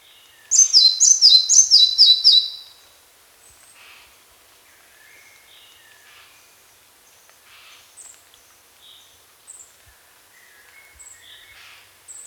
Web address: Red-Breasted Flycatcher Song